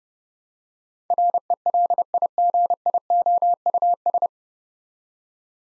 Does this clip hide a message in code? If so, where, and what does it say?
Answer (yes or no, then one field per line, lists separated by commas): yes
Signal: Morse code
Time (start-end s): 1.1-4.3 s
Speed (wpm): 32 wpm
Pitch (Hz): 700 Hz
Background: none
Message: RELIGIOUS